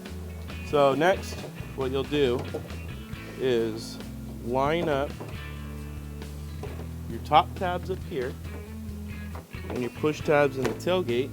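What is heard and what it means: Someone talks over background music while an Anzo USA LED tailgate spoiler's top tabs are lined up with the tailgate of a 2015-2017 Ford F150 before its push tabs are pressed in. Only faint handling sounds are heard, and nothing has snapped or seated yet.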